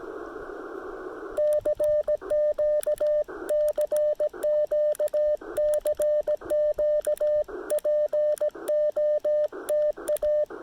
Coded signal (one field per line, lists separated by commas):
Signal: Morse code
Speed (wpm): 17 wpm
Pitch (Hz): 600 Hz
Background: radio noise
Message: CQ CQ CQ POTA